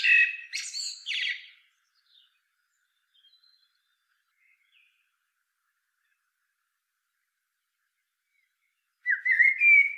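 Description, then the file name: Eurasian blackbird: a scratchy, twittering phrase at the outset, a long quiet gap with faint soft notes, then a fluty whistled phrase beginning at the end. "Turdus merula"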